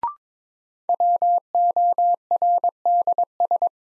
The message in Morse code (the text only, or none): WORDS